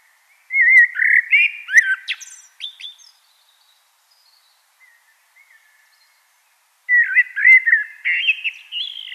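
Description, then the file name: Common blackbird giving two warbled, fluty song phrases with some high twittering, separated by a long silence. "Turdus merula"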